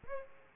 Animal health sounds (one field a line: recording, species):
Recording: mosquito wingbeat signal from an infrared sensor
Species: Aedes aegypti